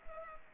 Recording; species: mosquito wingbeat signal from an infrared sensor; Culex pipiens